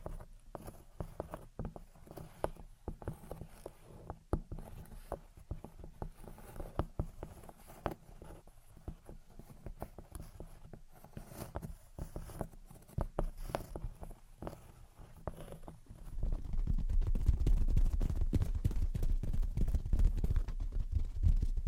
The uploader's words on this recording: Gentle Tapping and Scratching. (No Talking).